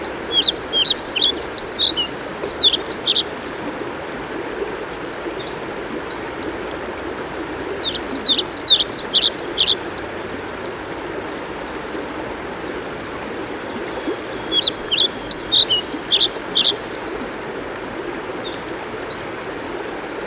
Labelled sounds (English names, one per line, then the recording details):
European Pied Flycatcher
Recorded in the wild
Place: Thale, Sachsen-Anhalt, DE
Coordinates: 51.731, 11.063
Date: 1978-05-07
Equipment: Nagra III BH, Sennheiser MD 21, parabola
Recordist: Schubert, Michael
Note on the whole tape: Gesang und Rufe Trauerschnäpper